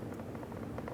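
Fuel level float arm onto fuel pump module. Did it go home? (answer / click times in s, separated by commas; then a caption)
no / none. The fuel level float arm is handled as it is brought to a plastic fuel pump module assembly for a 2005-2010 Dodge Dakota, to be slid on and pressed until it clicks. Light handling taps and small scrapes sound over a steady low hum, with the sharpest ticks near 0.4 s and 0.9 s. Nothing has seated or clicked yet.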